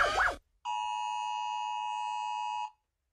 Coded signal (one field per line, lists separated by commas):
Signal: Emergency Alert System (SAME) tones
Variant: 853 and 960 Hz attention tone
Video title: Rating Different Countries EAS Alarms!